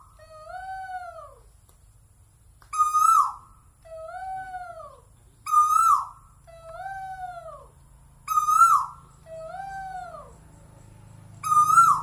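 Bird calls: loud, harsh, arched notes roughly every three seconds, alternating with softer, long, falling two-tone whistles, and a faint low hum near the end.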